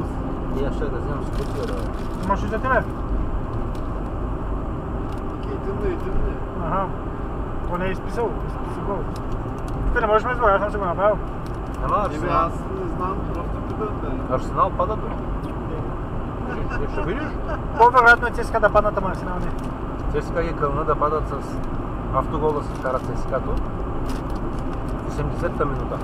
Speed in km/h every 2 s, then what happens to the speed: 74, 74, 73, 73, 74, 75, 75, 76, 76, 76, 77, 78, 78.
0-26 steady at about 75.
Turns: none.